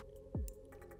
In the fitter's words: kind of hear it, right? Like clicks.